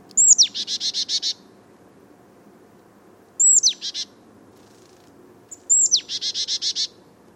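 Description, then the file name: Marsh tit giving three call bouts, each a bright descending 'pitchoo' slurred note then a fast run of harsh buzzy 'dee' notes. "Poecile palustris"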